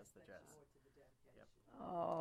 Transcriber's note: speaks in the background